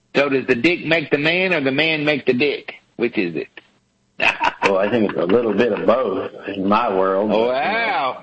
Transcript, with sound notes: So does the dick make the man or the man make the dick? Which is it? [laughs]
Well, I think it’s a little bit of both in my world.
Wow!